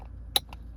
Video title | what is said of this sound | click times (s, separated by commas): Changing fuel pump relay on 10-13 Acura ZDX, rough long start on vehicle when it has been parked. | Go ahead and plug it in and make sure it clicks. | 0.4 s